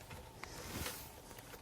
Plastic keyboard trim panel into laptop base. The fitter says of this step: and once this trim piece is snapped into place that's basically it as you can see